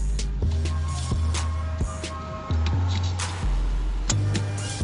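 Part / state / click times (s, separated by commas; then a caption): fog light harness connector into mating plug / seated / 4.1 s. With music playing, a fog light wiring harness connector is pushed into its mating plug behind the bumper during a fog light install on a 2002–2006 Acura RSX Type S. A sharp click at 4.1 s confirms the connector is fully seated.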